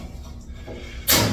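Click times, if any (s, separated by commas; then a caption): none. A washer top panel is being handled and pushed down toward its clips in the cabinet, with a low rumble and faint shuffling throughout. Near 1.1 s a loud, broadband burst of noise starts and lasts to the end. The panel's clips have not yet snapped back on, and nothing has seated.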